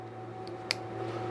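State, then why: Seated. A collet with a taper and a small collar is pushed by hand into the spindle nut of a Genmitsu Sainsmart 4040 Reno CNC over a steady low hum. A single sharp click at 0.7 s marks the collet snapping into the nut, and it is seated.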